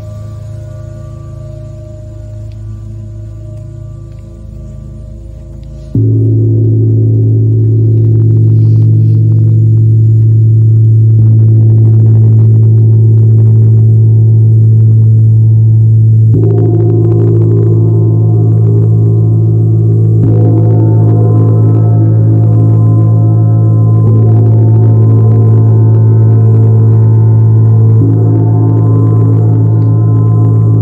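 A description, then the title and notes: Gong and singing bowls hum with steady ringing tones, a quiet start swelling abruptly louder near six seconds, with fresh strikes around sixteen and twenty. This is an original work that was created by playing Venus Gong, Root Chakra Crystal Singing Bowl, Sacral Chakra Singing Bowl, and Sacred Yoni Tibetan Singing Bowl.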